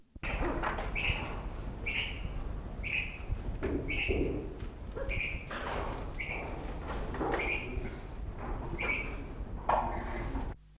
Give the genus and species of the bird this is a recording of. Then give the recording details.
Guttera pucherani. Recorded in captivity. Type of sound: call. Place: Zoo Augsburg, Bayern, DE. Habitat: river. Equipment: Halbspur, 9,5 cm/s. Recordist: Lütgens, Hans. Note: halbwüchsig, leicht beunruhigt